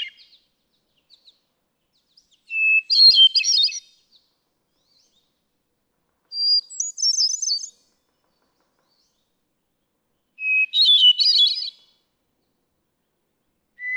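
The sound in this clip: Hermit thrush song with three phrases about four seconds apart, each a sustained whistle breaking into a rapid, ethereal cascade of notes, the middle phrase pitched highest.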